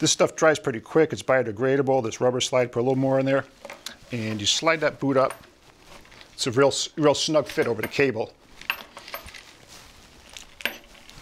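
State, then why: Seated. Someone talks while sliding a Times Microwave Systems WPB-400 MN rubber weather protection boot, with lubricant, up over an LMR 400 coax cable and pushing it onto the back of an N male connector. Sharp snaps are heard at about 8.7 s and 10.7 s as the boot's ribs grab the ribs on the back of the connector, and the boot is seated.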